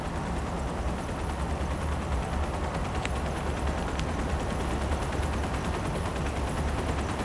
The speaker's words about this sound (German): Vom A-Block startet gerade ein Hubschrauber. Komisch. Ausgerechnet jetzt.